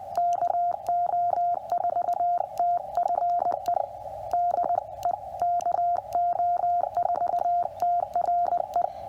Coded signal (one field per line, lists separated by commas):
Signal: Morse code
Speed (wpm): 20 wpm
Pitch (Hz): 700 Hz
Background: radio noise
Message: KO4TFE DE KO4TRE